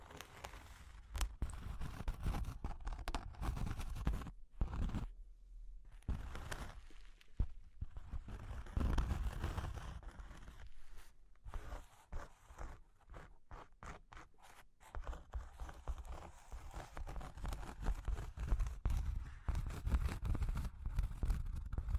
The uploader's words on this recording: ASMR Sleepy Cork and Wood Tapping, Scratching, Tracing (No Talking).